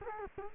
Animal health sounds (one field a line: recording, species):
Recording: mosquito wingbeat signal from an infrared sensor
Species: Culex quinquefasciatus